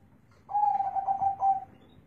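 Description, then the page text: Zebra dove cooing: one steady, slightly trilled coo phrase lasting about a second over a quiet, low hum. Local Indonesian perkutut, a contest bird whose voice is the main judging criterion in song contests. "Suara Perkutut Lokal Asli"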